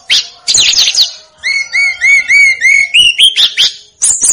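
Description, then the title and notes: Snowy-browed flycatcher song: high buzzy bursts, then a run of repeated arched whistles near the same pitch, followed by rising notes and sharp high chips. Masteran recording for training cage birds; local names tledekan gunung and sikatan gunung. "Masteran Tledekan Gunung Sikatan Gunung 1. BURUNG TLEDEKAN"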